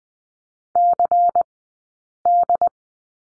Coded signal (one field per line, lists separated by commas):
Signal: Morse code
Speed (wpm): 20 wpm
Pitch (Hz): 700 Hz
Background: none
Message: CD